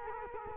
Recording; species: mosquito wingbeat signal from an infrared sensor; Culex quinquefasciatus